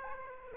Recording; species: mosquito wingbeat signal from an infrared sensor; Aedes aegypti